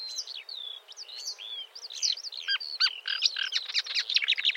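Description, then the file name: Marsh warbler in continuous song: a dense, hurried medley of high whistles, slurred notes and chattering trills without pause. "suara kicauan burung marsh warbler. omkicau"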